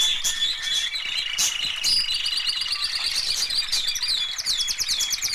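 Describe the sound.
Canary song, bright and high, mixing fast buzzy trills with sharp chirps and a sustained rolling warble throughout.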